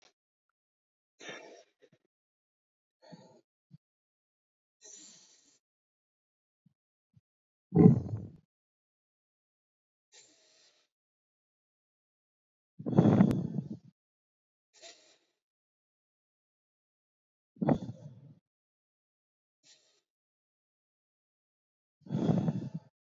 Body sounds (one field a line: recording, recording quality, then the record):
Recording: deep breathing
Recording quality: excellent, no background noise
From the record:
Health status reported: COVID-19 positive, mild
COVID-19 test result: positive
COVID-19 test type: RT-PCR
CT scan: not taken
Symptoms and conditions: cold, fever, loss of smell and taste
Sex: male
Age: 27 years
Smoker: no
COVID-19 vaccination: both doses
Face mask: not worn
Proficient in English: yes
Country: India